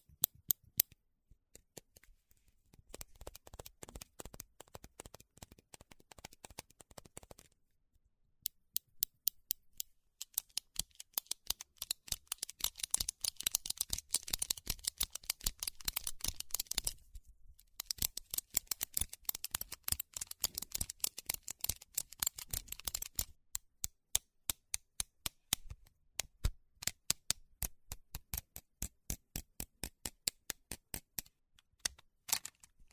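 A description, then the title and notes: Pens being played with: rapid, sharp clicking and tapping, like snapping a pen mechanism over and over. The clicks come in dense bursts with short pauses near 3, 8 and 17 seconds, then thin out toward the end into spaced single clicks. 原子筆｜Playing Pens.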